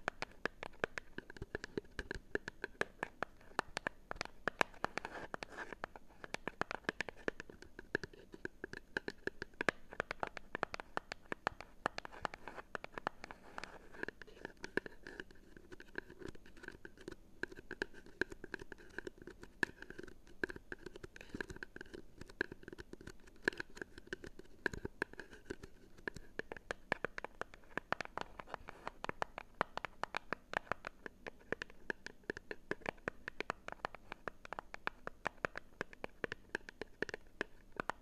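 Cardboard taps sound in a dense, fast patter of short knocks throughout, brighter bursts around six and twenty-seven seconds, with slightly dull, hollow tones.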